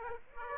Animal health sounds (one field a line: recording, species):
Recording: mosquito wingbeat signal from an infrared sensor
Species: Aedes aegypti